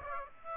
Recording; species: mosquito wingbeat signal from an infrared sensor; Aedes aegypti